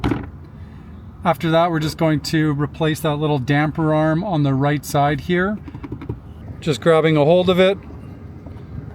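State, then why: Not seated. Someone talks while grabbing the glove box damper arm on the right side of a 2023–2027 Toyota Prius, reattaching it after replacing the cabin air filter with a WIX WP10322 charcoal filter. Faint handling taps sound around 5.8–6.1 s. Nothing has seated or clicked yet, as the arm is not yet pushed onto its small plastic post on the dashboard.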